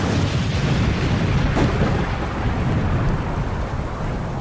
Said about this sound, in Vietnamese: Chưa mắng hết cầu, lại nghe một tiếng nổ rền vang như sấm.